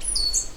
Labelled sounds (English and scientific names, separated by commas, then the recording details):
Stitchbird (Notiomystis cincta) song
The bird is a male
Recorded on Tiritiri Matangi Island, New Zealand, in 2005
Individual 10, of nest box 12